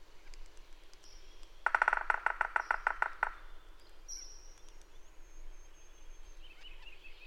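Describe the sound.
Bird call: a loud dry rattling chatter of rapid pulses for about two seconds, followed by a few thin high whistled notes.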